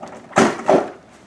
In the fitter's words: locks in place